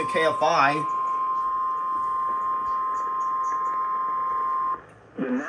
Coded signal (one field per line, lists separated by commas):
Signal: Emergency Alert System (SAME) tones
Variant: 1050 Hz attention tone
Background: speech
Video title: 🚫ne Missing Station… (EAS Alerts from 1/9/23) (EAS #697-721)